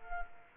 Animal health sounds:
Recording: mosquito wingbeat signal from an infrared sensor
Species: Culex quinquefasciatus

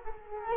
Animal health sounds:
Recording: mosquito wingbeat signal from an infrared sensor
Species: Culex quinquefasciatus

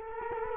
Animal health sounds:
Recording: mosquito wingbeat signal from an infrared sensor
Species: Culex quinquefasciatus

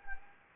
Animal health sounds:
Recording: mosquito wingbeat signal from an infrared sensor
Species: Anopheles gambiae

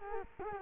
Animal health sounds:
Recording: mosquito wingbeat signal from an infrared sensor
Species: Culex quinquefasciatus

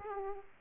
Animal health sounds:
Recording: mosquito wingbeat signal from an infrared sensor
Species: Aedes aegypti

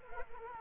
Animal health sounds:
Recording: mosquito wingbeat signal from an infrared sensor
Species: Culex quinquefasciatus

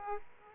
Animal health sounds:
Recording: mosquito wingbeat signal from an infrared sensor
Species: Aedes aegypti

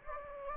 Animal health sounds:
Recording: mosquito wingbeat signal from an infrared sensor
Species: Anopheles gambiae

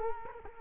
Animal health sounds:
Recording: mosquito wingbeat signal from an infrared sensor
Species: Culex quinquefasciatus

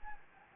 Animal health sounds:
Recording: mosquito wingbeat signal from an infrared sensor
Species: Anopheles gambiae

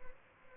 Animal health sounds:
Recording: mosquito wingbeat signal from an infrared sensor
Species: Aedes albopictus

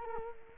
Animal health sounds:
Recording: mosquito wingbeat signal from an infrared sensor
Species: Culex quinquefasciatus

